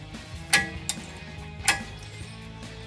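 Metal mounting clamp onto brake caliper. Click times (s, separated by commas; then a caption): 0.5 s. The hook end of a metal mounting clamp for an MGP bowtie-logo brake caliper cover on a 2019-2024 Silverado 1500 is worked over the top of the brake caliper. It snaps on with a sharp click at 0.5 s, and further metallic ticks follow at 0.9 s and 1.7 s over faint background music. The clamp is seated on the caliper.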